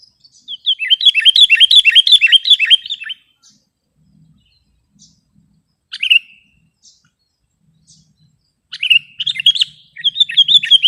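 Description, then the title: Sooty-headed bulbul producing a fast run of slurred chirps, a lone note around six seconds, then renewed chattering near the end. "kutilang"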